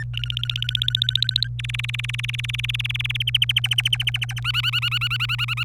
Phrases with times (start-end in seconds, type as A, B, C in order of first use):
0.00-0.03 A, 0.14-1.48 B, 1.59-3.17 C, 3.20-4.40 D, 4.44-5.63 E